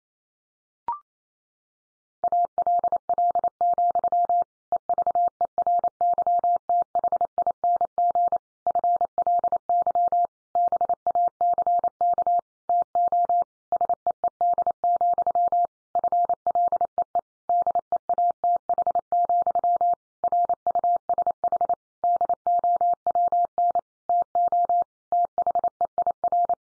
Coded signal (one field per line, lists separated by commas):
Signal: Morse code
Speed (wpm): 28 wpm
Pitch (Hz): 700 Hz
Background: none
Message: ALL, EVERYTHING FLY BACK TO SEED, FLEE DEATH, RUSH DOWN TO THEIR